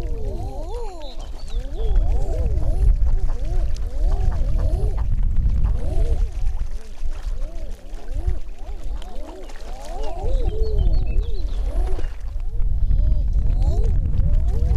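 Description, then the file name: Common eider chorus of cooing calls, many overlapping rising-then-falling moans sounding almost continuously over a deep, steady low rumble. Svalbard, 9 June 2010. "eider duck 09062010 svalbard"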